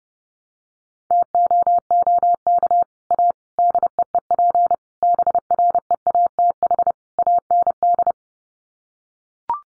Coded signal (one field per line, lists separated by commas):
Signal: Morse code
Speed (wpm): 30 wpm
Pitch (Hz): 700 Hz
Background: none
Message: TOOK A DEEP BREATH AND